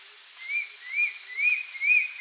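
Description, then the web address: Wing-banded antbird song: several slurred whistled notes, each rising then falling, given about every half second over a steady high hum. Song; eastern lowlands of South America. "Natures Songs S America Eastern Lowlands. Myrmornis torquata, song"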